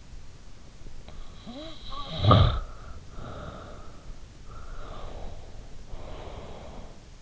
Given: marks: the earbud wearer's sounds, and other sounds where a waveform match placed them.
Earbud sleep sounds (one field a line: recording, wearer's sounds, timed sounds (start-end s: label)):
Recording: sounds in sleep by an in-ear microphone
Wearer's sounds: snoring breath, breath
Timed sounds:
1.13-4.22 s: snoring breath
4.46-7.09 s: breath